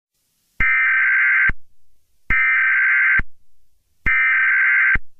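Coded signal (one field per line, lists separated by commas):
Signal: Emergency Alert System (SAME) tones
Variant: header bursts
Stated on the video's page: Mini EAS scenario, a simulated alert.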